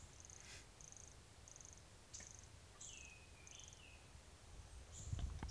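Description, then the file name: Pumpkin toadlet's high buzzy notes repeat steadily, with a couple of lower, sliding whistles midway; low rumble and a few clicks underneath. Recorded at Serra do Guarau, Serra do Guaraqueçaba, 22 October 2016; calling animal not collected. "Brachycephalus sulfuratus Serra do Guarau not collected 22 out 2016 MRBornschein"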